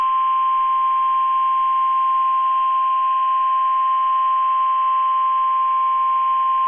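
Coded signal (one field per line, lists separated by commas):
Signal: Emergency Alert System (SAME) tones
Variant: 1050 Hz attention tone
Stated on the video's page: Required Weekly Tests received on NOAA Weather Radio.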